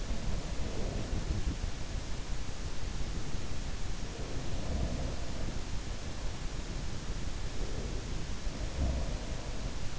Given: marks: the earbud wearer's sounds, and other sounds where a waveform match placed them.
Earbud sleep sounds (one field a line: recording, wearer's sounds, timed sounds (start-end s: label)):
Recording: sounds in sleep by an in-ear microphone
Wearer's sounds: breath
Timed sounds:
0.00-2.14 s: breath
3.99-5.51 s: sound from someone else or the room
7.41-8.65 s: breath
8.65-9.91 s: sound from someone else or the room